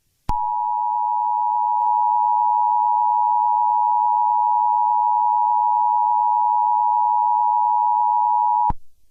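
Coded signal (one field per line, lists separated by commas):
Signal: Emergency Alert System (SAME) tones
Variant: 853 and 960 Hz attention tone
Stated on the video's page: Fictional emergency alert scenario, a work of fiction rather than a real broadcast.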